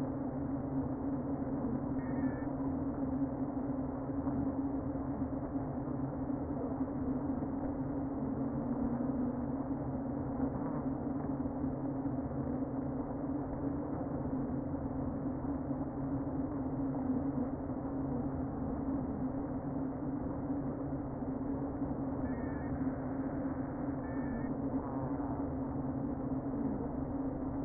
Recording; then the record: honeybee colony, microphone inside the hive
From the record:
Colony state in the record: queen present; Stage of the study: before two queens were removed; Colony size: about 60,000 bees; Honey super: yes